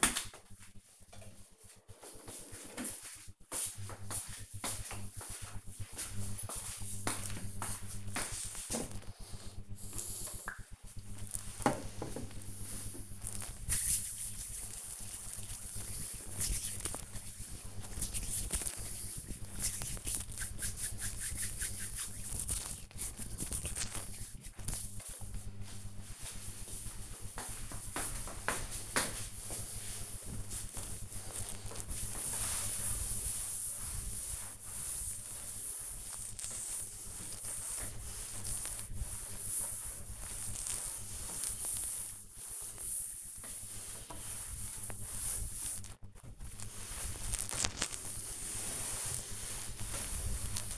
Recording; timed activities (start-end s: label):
household activities, microphone on the right wrist
9.98-24.01 s: disinfecting hands
31.02-50.78 s: cleaning table